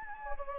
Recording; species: mosquito wingbeat signal from an infrared sensor; Anopheles gambiae